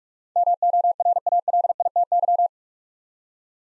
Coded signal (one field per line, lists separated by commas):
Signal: Morse code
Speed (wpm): 41 wpm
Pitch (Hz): 700 Hz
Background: none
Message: MORALITY